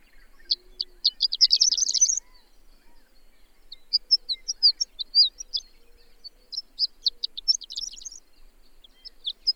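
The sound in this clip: Bird song opening with a dense, fast trill, followed by scattered sharp chirps and another dense trill near the end, with a few faint lower notes.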